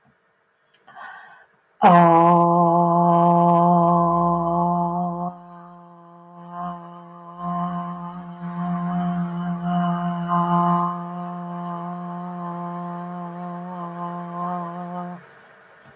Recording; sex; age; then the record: vowel held as long as possible; female; 60 to 69 years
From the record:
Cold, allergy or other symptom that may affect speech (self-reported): no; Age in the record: 60 years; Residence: North Carolina, United States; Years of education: 14